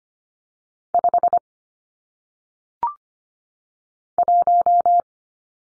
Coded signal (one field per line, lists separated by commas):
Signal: Morse code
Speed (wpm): 25 wpm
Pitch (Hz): 700 Hz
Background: none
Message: 5 1